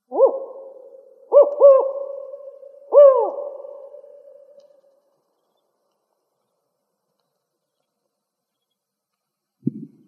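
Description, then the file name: Spotted owl giving a four-note hooting call: a single hoot, a quick doubled hoot, then a longer final hoot, each trailing off in a lingering ring, followed by silence and a brief noise. Recorded in Arizona. "SPOW 3 B deviche"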